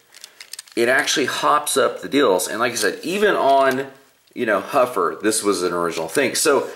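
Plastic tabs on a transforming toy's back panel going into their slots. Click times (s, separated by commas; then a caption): 0.5 s, 0.6 s. Small plastic tabs on the back panel of a transforming toy robot are pushed into their slots during transformation, with faint handling ticks and then two sharp clicks at 0.5 s and 0.6 s as the tabs seat. Someone then talks for the rest of the clip.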